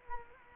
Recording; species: mosquito wingbeat signal from an infrared sensor; Culex quinquefasciatus